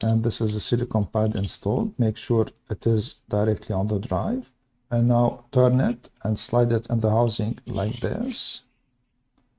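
An M.2 NVMe drive, fitted with a silicone thermal pad placed directly on the drive, is turned and slid by hand into an aluminum external enclosure housing while someone talks. A faint, brief tick is heard near 9.4 s. The drive has not clicked or seated in the housing yet.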